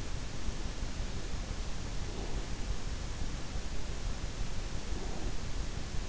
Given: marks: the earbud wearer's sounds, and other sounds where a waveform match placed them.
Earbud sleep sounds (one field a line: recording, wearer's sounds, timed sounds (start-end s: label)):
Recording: sounds in sleep by an in-ear microphone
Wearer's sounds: breath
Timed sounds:
1.93-2.77 s: breath
4.71-5.68 s: breath